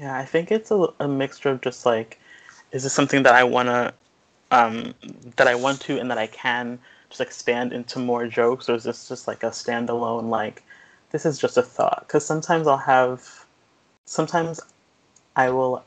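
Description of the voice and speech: An adult woman who has stuttered since age 3 speaks conversationally, with frequent pauses, a prolonged filler sound, a tense, silent-onset block before "just", and a repeated "sometimes" after a long pause. These disfluencies fit mild developmental stuttering in otherwise fluent speech.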